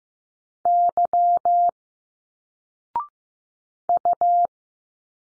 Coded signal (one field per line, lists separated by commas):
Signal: Morse code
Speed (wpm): 15 wpm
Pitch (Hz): 700 Hz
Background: none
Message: Y U